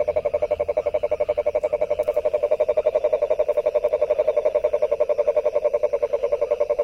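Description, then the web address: Frog producing a continuous, regular pulsed rattle at a brisk, steady rate with little else audible. 23 January 2022. "frog 20220123"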